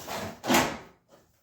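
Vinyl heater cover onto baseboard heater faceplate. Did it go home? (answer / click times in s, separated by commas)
no / none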